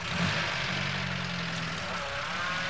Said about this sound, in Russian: Оборачивается, машина сдает назад, разворачивается, уезжает.